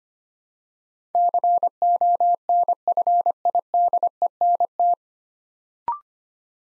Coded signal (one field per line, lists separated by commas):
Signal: Morse code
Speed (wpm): 25 wpm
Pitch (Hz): 700 Hz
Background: none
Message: CONFIDENT